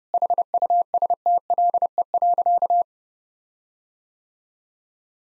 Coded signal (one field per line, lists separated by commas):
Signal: Morse code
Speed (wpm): 32 wpm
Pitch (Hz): 700 Hz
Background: none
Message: HUSTLE.